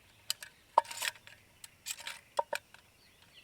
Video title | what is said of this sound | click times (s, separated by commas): Nichols Corporation Stop & Saddle: The Field-Adjustable Solution for Modern Water Systems | Just snap it in place. | 0.3 s, 0.8 s